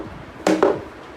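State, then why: Seated. A plastic backrest is pushed down into its slot in the seat body of a Luvlap baby ride-on car, with several hits as it goes in. Two sharp plastic clicks sound at 0.5 s and 0.6 s, and the backrest is seated in place.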